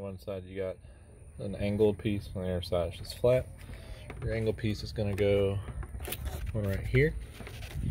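Someone talks while handling an angled plastic hose piece at the engine air intake of an S197 Mustang, positioning it at its fitting as a fix for a rough idle. Nothing has seated or clicked yet.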